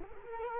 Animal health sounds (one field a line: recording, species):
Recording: mosquito wingbeat signal from an infrared sensor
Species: Culex quinquefasciatus